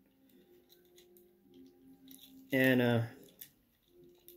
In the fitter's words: gonna just get those fists in there hear those nice clicks this thing is going to be